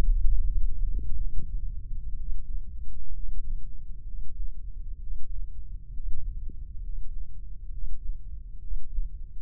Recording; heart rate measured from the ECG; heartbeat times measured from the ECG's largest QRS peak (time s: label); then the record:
heart sounds by microphone in the left ear; 64 bpm
0.18 s: heartbeat
1.16 s: heartbeat
2.16 s: heartbeat
3.12 s: heartbeat
4.05 s: heartbeat
4.99 s: heartbeat
5.92 s: heartbeat
6.81 s: heartbeat
7.70 s: heartbeat
8.60 s: heartbeat
From the record:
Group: healthy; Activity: breath hold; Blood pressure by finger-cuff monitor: 120/69 mmHg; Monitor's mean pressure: 82 mmHg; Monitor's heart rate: 67 bpm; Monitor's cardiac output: 8 L/min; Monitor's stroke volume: 105 mL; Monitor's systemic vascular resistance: 800 dyn s/cm5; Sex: male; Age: 24 years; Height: 184 cm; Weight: 89 kg